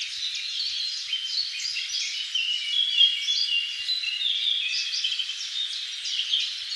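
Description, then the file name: Birds singing in a thick, overlapping chorus of high chirps and trills, with no gaps. Many birds in a forest. "animals birds forest many"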